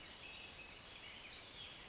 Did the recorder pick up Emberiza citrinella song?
no